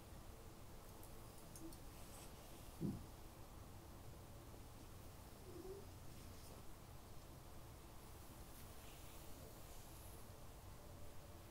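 Soft, steady rustling of hair play and gentle touching, mostly low and even, with one brief louder brush near three seconds.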